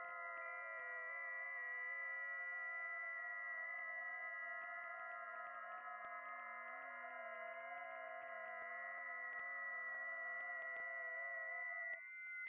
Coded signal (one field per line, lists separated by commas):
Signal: FT8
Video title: Sunday Afternoon Amatuer Radio